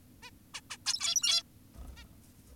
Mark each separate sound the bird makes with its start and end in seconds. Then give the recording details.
0.23-0.30, 0.54-0.61, 0.70-0.77, 0.86-1.43, 1.97-2.04. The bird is an adult. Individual g17y2U